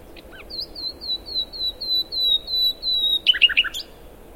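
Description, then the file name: Common nightingale song: about a dozen evenly spaced, piping whistles on one high pitch, followed by a fast, loud stutter of harsh notes and a rising final note. "Luscinia megarhynchos"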